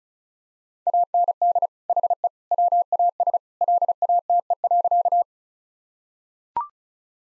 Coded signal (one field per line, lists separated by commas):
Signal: Morse code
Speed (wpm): 36 wpm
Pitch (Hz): 700 Hz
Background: none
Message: AND HE WAS LATE.